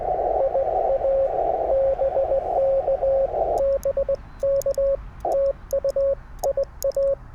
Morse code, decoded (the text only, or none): IA BK BK TU IA